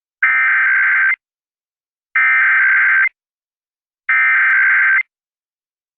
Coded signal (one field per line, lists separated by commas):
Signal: Emergency Alert System (SAME) tones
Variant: header bursts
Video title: Maryland's May 2022 Monthly EAS Tests and Channel Announcements - EAS 89-90